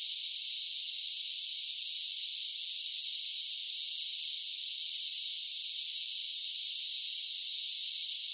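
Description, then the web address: Cicadas giving a continuous shrill buzzing drone, even in loudness from start to end, nothing else audible. Several cicadas singing, a buzzing insect song. "Blastwave INSECTS Cicadas Sing"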